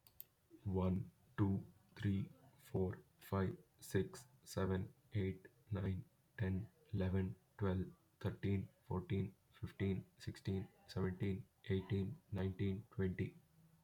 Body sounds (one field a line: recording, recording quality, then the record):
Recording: counting at a normal pace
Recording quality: excellent, no background noise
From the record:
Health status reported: healthy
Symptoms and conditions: none ticked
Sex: male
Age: 18 years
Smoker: not ticked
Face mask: not worn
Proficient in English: yes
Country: India